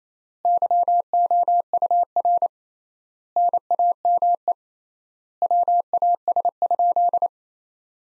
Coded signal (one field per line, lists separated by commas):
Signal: Morse code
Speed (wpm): 28 wpm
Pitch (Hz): 700 Hz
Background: none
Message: YOUR NAME WAS?